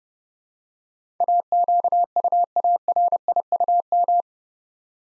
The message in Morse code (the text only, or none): AQUARIUM